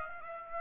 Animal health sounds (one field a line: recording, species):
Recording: mosquito wingbeat signal from an infrared sensor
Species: Aedes aegypti